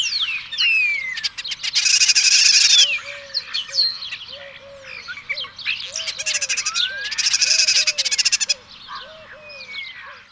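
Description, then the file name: Spotless starling calls: a mix of whistled slurs and two harsh, buzzy rattling bursts, with a lower repeated hooting note running beneath throughout. "Sturnus unicolor"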